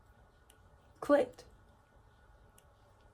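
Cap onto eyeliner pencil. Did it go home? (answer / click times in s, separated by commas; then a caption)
yes / 2.6 s. A cap is pushed onto a makeup eyeliner pencil, checked because the pencils dry up if not shut all the way, while someone briefly talks. A faint, sharp click is heard at 2.6 s as the cap clicks shut and seats, confirming the caps do click.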